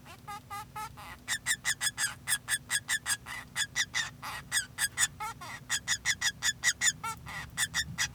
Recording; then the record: song of a male Bengalese finch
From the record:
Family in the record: son of father 2